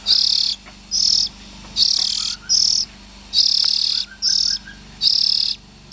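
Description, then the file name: Oriental magpie-robin harsh, breathy rasps, seven bursts at a brisk, uneven pace, faint high chips in between. Young birds. "Tieng chim chich choe than non"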